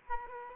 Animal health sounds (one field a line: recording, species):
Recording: mosquito wingbeat signal from an infrared sensor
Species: Aedes aegypti